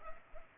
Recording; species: mosquito wingbeat signal from an infrared sensor; Culex pipiens